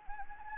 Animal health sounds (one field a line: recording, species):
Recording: mosquito wingbeat signal from an infrared sensor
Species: Anopheles arabiensis